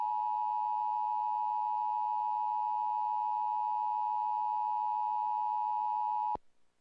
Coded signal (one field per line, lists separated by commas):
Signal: Emergency Alert System (SAME) tones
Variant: 853 and 960 Hz attention tone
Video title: EAS Tornado Warning – WXII-TV 12, Rockingham County, NC (8/12/2004)